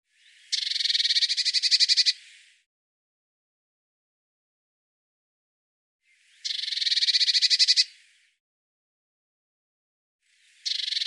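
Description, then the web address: Eurasian blue tit, harsh churring rattles: rapid pulsed buzzes about one and a half seconds long, repeated roughly every four to six seconds against silence. "Deverinetal"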